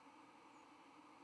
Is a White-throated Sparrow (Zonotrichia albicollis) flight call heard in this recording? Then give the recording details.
yes. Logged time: 07:22 on 31 October 2014